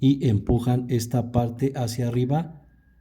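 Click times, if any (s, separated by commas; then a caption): none. The plastic EVAP canister mounting base on a Nissan Tiida is being pushed upward toward its bracket on the car body while someone talks throughout. The base has not latched and nothing has clicked or seated yet, and the speech fades out near the end.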